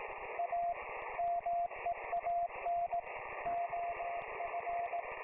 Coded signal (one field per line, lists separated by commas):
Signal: Morse code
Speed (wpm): 17 wpm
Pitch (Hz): 690 Hz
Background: radio noise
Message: A MEAN OF